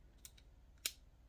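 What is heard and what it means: An ADV Tactical Crusher folding knife is opened, and its metal lock bar snaps into place behind the blade. Two faint ticks come at about 0.3 s and 0.4 s, then a sharp, bright metallic click at 0.9 s. The lock bar is seated and holds the blade open.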